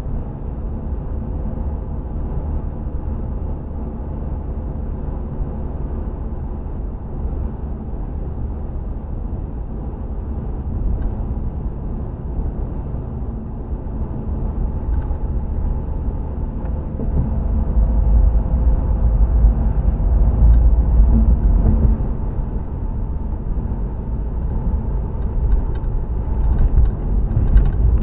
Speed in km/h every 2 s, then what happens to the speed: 60, 60, 60, 58, 56, 60, 60, 61, 61, 61, 61, 61, 60, 56.
0-28 steady at about 60.